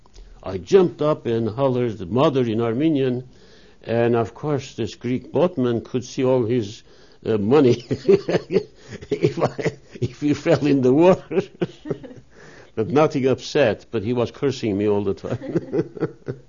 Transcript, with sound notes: I jumped up and hollered "Mother" in Armenian and, of course, this Greek boatman could see all his money ( he laughs ) he fell in the water. Nothing upset, but he was cursing me all the time.